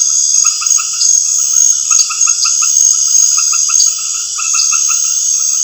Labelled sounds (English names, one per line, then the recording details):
none
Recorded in pastures near Puerto Asís, Putumayo, Colombia, on 21 March 2025 at 19:00
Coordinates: 0.502, -76.324
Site GP07